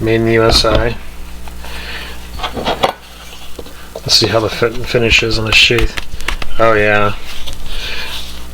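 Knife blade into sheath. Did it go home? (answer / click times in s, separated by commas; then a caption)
yes / 7.5 s. A Becker BK62 Kephart fixed-blade knife is pushed into its Kydex-style sheath while someone talks. It snaps home with a sharp click at 7.5 s and is seated.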